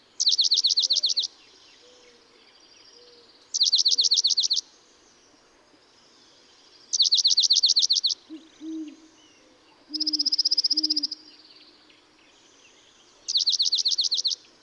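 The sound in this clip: Dark-eyed junco song: four rapid trills of up-and-down sweeping notes and one level, even trill, with a few low hooting notes.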